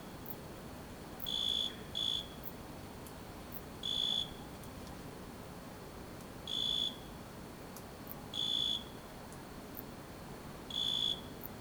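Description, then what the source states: Cricket chirping: short, high, pure-toned bursts, each a quick pulse or double pulse, spaced irregularly every two to three seconds over a faint steady hiss. A single cricket at night.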